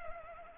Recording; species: mosquito wingbeat signal from an infrared sensor; Culex pipiens